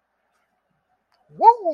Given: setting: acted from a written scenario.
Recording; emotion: vocal sound without words; triumph